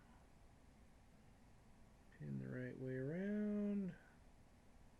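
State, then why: Not seated. A crimped wire pin is turned to face the right way before being threaded into the middle slot of a small plastic JST connector housing. Someone talks from about 2.2 to 3.9 s over a low steady background. The pin has not seated or clicked into the housing yet.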